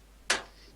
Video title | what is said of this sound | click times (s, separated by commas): GameStorm PC's Live PC Build | and there you go I satisfying click it is a satisfying click I have to that we didn't have with mine | 0.3 s